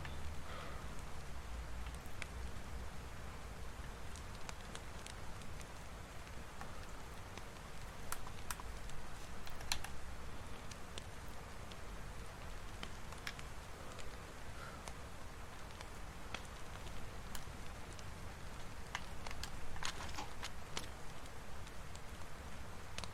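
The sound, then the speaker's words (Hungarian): Steady rain falls with a constant hiss, broken by scattered sharp drips and taps landing at irregular moments. The patter stays even and moderate throughout, with no voices. “Oké, hogy esik az eső, de ettől még így mit tudom én.”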